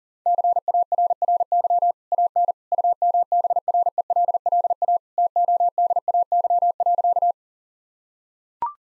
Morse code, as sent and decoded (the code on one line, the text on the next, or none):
-.-. .- .-. .-. -.-- / .- -. / ..- -- -... .-. . .-.. .-.. .- / - --- -.. .- -.-- .-.-.-
CARRY AN UMBRELLA TODAY.